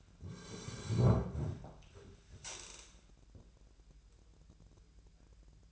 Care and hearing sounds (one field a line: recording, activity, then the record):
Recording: daily activity, microphone in the room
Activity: sit down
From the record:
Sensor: 2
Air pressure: 1001.5 hPa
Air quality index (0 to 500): 244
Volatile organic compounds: 80 ppm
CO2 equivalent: 3610 ppm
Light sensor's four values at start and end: 8/20/8/9 and 10/23/10/10